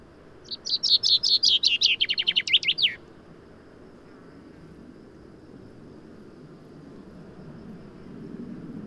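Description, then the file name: Common chaffinch song: one cheerful cascade of high chipping notes, speeding up and falling in pitch to a final twist, followed by quiet with a low background rumble. "Fringilla coelebs"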